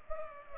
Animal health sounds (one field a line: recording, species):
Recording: mosquito wingbeat signal from an infrared sensor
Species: Culex pipiens